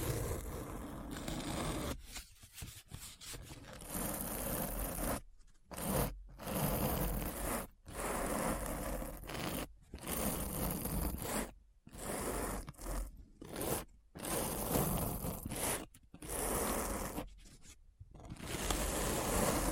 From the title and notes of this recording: ASMR Deep Brain Scratch (No Talking).